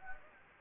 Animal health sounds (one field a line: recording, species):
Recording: mosquito wingbeat signal from an infrared sensor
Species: Anopheles gambiae